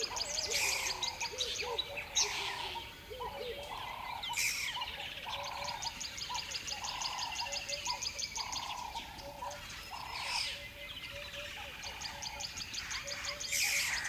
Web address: Smart Sound FX - Nature South Africa AMBIENCE Savanna Medium Dawn River Bed Birds Bedlam